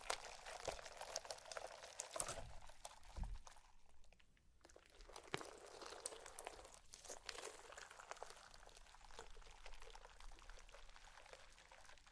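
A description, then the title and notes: Slime being squished and stretched gives steady wet crackling and crinkling, with low thuds near two and three seconds and a brief pause around four. ASMR SLIME! 5 Satisfying Slimes.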